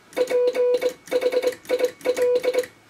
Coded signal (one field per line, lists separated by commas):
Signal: Morse code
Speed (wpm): 23 wpm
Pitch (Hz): 500 Hz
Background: music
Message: PHIL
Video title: Homebrew QRP Valve Transceiver For 80m